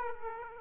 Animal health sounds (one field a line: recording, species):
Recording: mosquito wingbeat signal from an infrared sensor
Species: Aedes aegypti